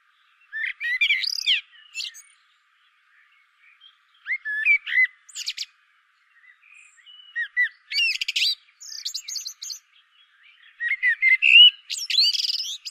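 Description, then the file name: Common blackbird singing a series of short warbled phrases mixed with high, squeaky trills and twitters, the phrases following one another at short intervals. "Turdus merula"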